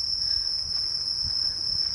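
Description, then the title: Bell cricket, an unbroken high pure ringing note. Recorded while walking, in autumn, in Japan. "歩きながら録音してみた（ほぼ鈴虫）"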